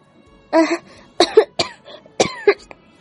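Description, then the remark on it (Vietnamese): A woman lying in bed coughs violently, blood rising in her throat: four or five loud, rasping bursts in uneven succession, each sharp and throaty, with brief gasping pauses between them and no speech. “nằm ở trên giường kịch liệt ho khan, từng luồng máu tanh ngọt ngào từ yết hầu chậm rãi tuôn, rồi lại bị nàng mạnh mẽ nuốt xuống.”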